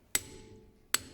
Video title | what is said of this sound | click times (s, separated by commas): My mk3.5 ford focus has developed a noise from the front of the car. | that click, which means that the wheel is now at 135 newton meters. | 0.2 s, 0.9 s